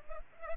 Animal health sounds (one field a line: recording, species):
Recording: mosquito wingbeat signal from an infrared sensor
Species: Culex pipiens